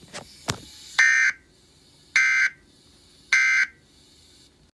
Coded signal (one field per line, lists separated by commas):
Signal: Emergency Alert System (SAME) tones